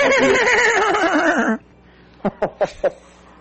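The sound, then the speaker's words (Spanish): A person making sound effects gives a loud horse whinny with a shaky, quavering pitch that lasts about a second and a half, then stops. Four quick, evenly spaced sharp knocks follow, like hoof clops. “Estaba haciendo los sonidos, estaba haciendo los efectos de sonido.”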